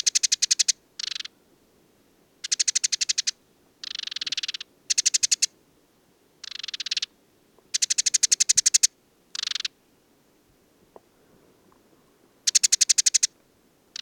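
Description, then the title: Desert sparrow giving rapid rattling trill bursts of varying length, with a long quiet stretch before more trills near the end. Male perched atop an acacia, Oasis de Mayateg, Mauritania, 22 February 2019, no wind; song of twitters, trills and inventions recalling Common Linnet; parabolic dish, MixPre-3 recorder. "Le Moineau blanc du désert - Mauritanie"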